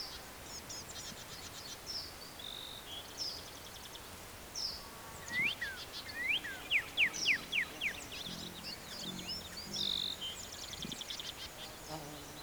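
Black-capped vireo song: varied high phrases of buzzy and chattering notes, with a quick run of rising whistled sweeps midway, over a steady background hiss.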